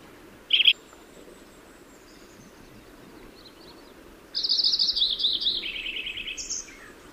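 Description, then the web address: Lincoln's sparrow call: a single sharp chip, then after a pause a bubbly, jumbled trilled phrase, over steady low background hiss. California. "Lincoln's Sparrow Sounds Calif CLO"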